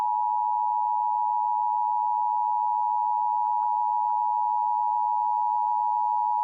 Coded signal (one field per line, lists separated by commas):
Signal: Emergency Alert System (SAME) tones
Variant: 853 and 960 Hz attention tone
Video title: 2023 National EAS Test! (Read Desc)